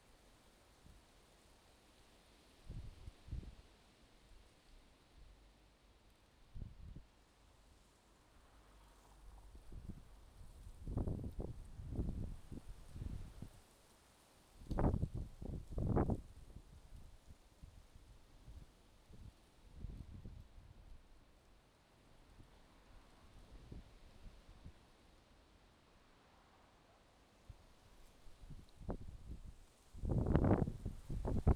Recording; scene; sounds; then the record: everyday scene through a hearing-aid microphone; wind on the microphone; wind, traffic, birds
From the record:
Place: suburban garden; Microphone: in the ear canal, left